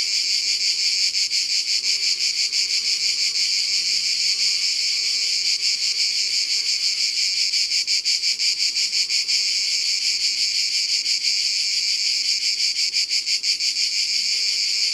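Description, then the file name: Cicada chorus, a dense high-pitched buzzing drone with fast, faint pulsing throughout, and soft low background sounds. Cicadas recorded at Ribes, Ardèche, France, as part of a sound-ambience collection by Studio Les Trois Becs. "Cigales-Ribes-Ambiances-Sonores-d Ardeche-Studio-Les-Trois-Becs"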